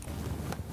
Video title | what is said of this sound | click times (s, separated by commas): Let's do a VALVE ADJUSTMENT on our RACE BIKE - 2008 CBR 600RR Race Build - Day 7 | There we go. Did you hear the little click? I did, That was it sitting in its spot. | 0.5 s